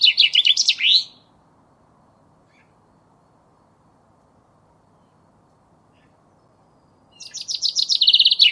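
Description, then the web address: Common chaffinch song: a trilled phrase closing with a downward flourish, a long silence, then a new rapid, rattling phrase begins. "cianscape birddata Deverinetal 2025 Bird Only Fr Co"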